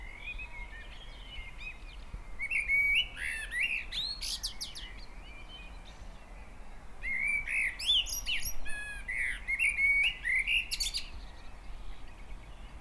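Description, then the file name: Common blackbird song: low, mellow fluted warbling that ends in a burst of high, squeaky twittering, given twice over a steady hiss of background noise. "Turdus merula"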